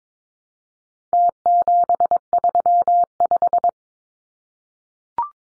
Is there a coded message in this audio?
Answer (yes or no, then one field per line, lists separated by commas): yes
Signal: Morse code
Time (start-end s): 1.1-3.7 s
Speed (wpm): 22 wpm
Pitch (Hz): 700 Hz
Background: none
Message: T735